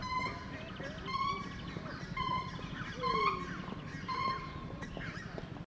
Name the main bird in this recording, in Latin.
Grus leucogeranus